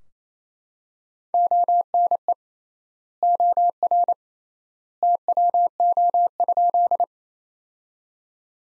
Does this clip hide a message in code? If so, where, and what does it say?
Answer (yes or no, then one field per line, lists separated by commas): yes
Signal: Morse code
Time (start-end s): 1.3-7.0 s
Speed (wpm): 27 wpm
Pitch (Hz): 700 Hz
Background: none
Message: ONE OR TWO?